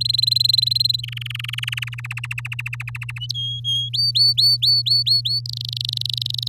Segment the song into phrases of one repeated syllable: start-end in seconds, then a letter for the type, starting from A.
0.00-1.01 A, 1.03-2.01 B, 2.04-3.19 C, 3.34-3.89 D, 3.93-5.41 E, 5.46-6.48 F